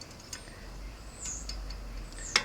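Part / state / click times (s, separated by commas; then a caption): brake rotor bolt with lock plate into bike hub / seated / 0.0 s, 0.3 s, 1.5 s, 1.7 s, 2.4 s. A brake rotor bolt with a small metal lock plate is screwed into a bike hub, and as it nears home it gives a series of sharp metallic clicks at 0.0, 0.3, 1.5, 1.7 and 2.4 s, the last being the loudest. The clicking is the final check that the lock plates are fitted the right way round, and the bolt is seated.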